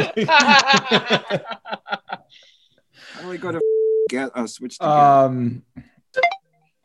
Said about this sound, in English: What was that? Made some noise. Yeah, it was some like computer noise. My phone. I got a text.